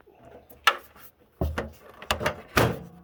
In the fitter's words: we go just snapped right in place